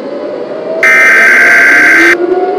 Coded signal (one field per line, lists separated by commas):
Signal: Emergency Alert System (SAME) tones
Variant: header bursts